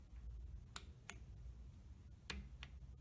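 A 3/8 torque wrench set to a very low value is ratcheted on a bolt in an engine clutch casing, giving sharp clicks at about 0.8, 1.1 and 2.6 seconds. The wrench breaks over with its loudest click at 2.3 seconds, showing the set torque is reached. No one talks.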